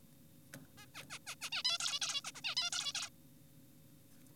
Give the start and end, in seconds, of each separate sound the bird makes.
0.78-0.86, 0.95-1.03, 1.10-1.19, 1.27-1.35, 1.42-1.50, 1.52-1.63, 1.65-1.78, 1.80-2.00, 2.02-2.21, 2.25-2.32, 2.35-2.41, 2.44-2.55, 2.57-2.70, 2.72-2.92, 2.95-3.10